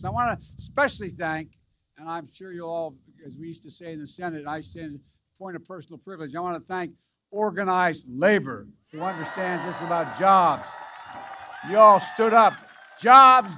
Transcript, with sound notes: I want to especially thank — and I’m sure you all — as we used to say in the Senate –- I’d say, “a point of personal privilege” — I want to thank organized labor –- (applause) who understand this about jobs. You all stood up. Jobs!